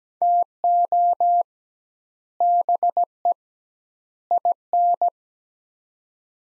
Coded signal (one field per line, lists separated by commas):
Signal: Morse code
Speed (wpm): 17 wpm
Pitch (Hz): 700 Hz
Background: none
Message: TO BE IN